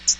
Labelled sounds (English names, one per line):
Hooded Warbler flight call